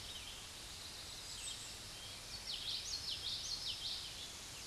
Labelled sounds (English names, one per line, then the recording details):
Common Yellowthroat song
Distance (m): 60 m
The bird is about 20 m above the microphone
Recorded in a Pennsylvania forest on 16 May 2024 at 06:41
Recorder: AudioMoth, point MSD-1035
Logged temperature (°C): 16.3 °C
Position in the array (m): 239 m, 174 m